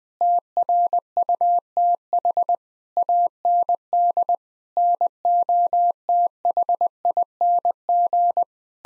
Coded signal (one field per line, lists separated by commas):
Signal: Morse code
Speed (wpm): 20 wpm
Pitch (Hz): 700 Hz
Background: none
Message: TRUTH AND NOTHING